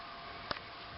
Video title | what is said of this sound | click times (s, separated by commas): DesignJet 450C repair cartridge error | and you'll hear me click in the cyan | 0.5 s, 0.6 s